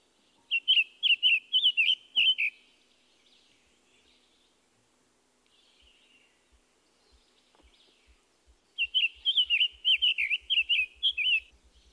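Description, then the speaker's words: Summer Tanager singing sweet, slurred sing-song notes in a rhythmic run, silence, then another phrase, with faint low ticking sounds speeding up in the background. Sing-song rhythm, less burry than the scarlet tanager; more southerly species; male singing. "His song also has that sing-song rhythm. However, it is less burry than the scarlet tanager. Listen to the summer tanager."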